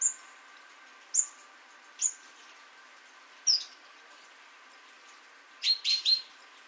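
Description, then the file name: Great tit giving short, high, thin call notes, single ones spaced out, then a quick cluster of three notes near the end. "Parus major"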